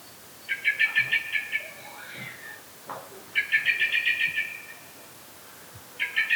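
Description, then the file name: Common blackbird chattering call: three bursts of rapid, harsh notes a few seconds apart, with faint background hiss. "Turdus merula"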